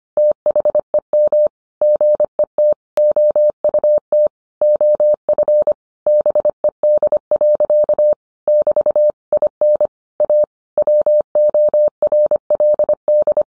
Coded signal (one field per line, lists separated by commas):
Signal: Morse code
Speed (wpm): 25 wpm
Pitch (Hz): 600 Hz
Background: none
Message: THEM GET OUT OF BED. <BT> IN A WORLD